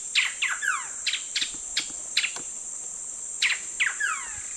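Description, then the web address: Coraya Wren gives loud, rapid, downslurred chattering notes in irregular bursts over a constant high-pitched insect buzz. Recorded in the eastern lowlands of South America. "Natures Songs S America Eastern Lowlands. Coraya Wren"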